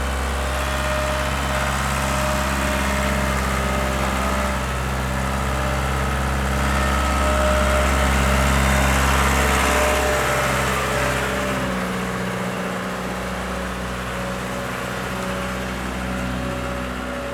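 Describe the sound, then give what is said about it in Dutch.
The heavy diesel engine of a large Sambron forklift crane idles steadily with a deep, constant low rumble and a layered mechanical drone. The tone shifts slightly partway through as the engine note drops and settles. “Oh, wacht, dat is een kraan hier met een mega heftruck.”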